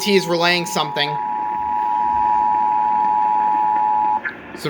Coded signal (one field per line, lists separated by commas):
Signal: Emergency Alert System (SAME) tones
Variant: 853 and 960 Hz attention tone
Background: speech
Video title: IF WE DIDN'T GO OUT TO DINNER I WOULD'VE GOT MORE - EAS Alerts from 07/09/2021 (EAS #184-187)